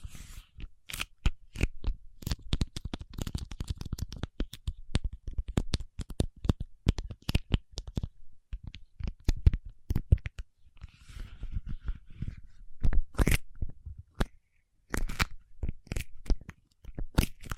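Paraffin wax being peeled, tapped and scratched in dense bursts of sharp clicks and crackles, closely packed through the first half. Around ten seconds the taps thin out to softer scraping, then quicker clusters of bright snaps return, with brief silent gaps near fourteen seconds.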